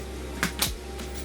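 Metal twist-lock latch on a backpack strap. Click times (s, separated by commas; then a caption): 0.4 s. A metal twist-lock latch on a VSGO camera backpack strap is closed and snaps shut by itself, auto-locking with a sharp click at 0.4 s. A second bright click follows at about 0.6 s over a steady low hum.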